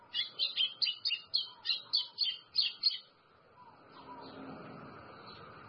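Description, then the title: White-throated seedeater song: a rapid run of about eleven bright, chirpy high notes over three seconds, then only faint background hiss. "Canto Do Golinha"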